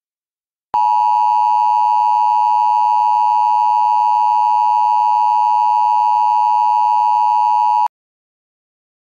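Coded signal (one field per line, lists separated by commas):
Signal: Emergency Alert System (SAME) tones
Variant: 853 and 960 Hz attention tone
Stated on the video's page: Fictional EAS scenario, a remastered version of another creator's scenario.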